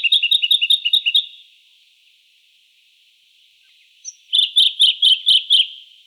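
Jacky winter calling in two rapid bursts of high chirps separated by about three seconds of quiet.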